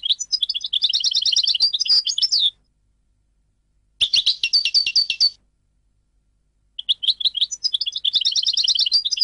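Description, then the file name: European goldfinch song: three bright, rapid twittering phrases with trilled notes, separated by short silences. "audio burung goldfinch"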